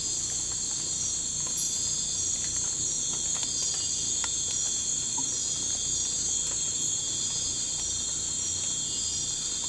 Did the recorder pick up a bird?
no